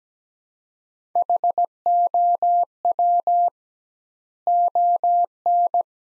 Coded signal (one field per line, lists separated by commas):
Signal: Morse code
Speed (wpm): 17 wpm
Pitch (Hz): 700 Hz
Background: none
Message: HOW ON